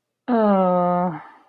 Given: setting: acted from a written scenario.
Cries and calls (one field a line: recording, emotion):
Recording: vocal sound without words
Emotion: embarrassment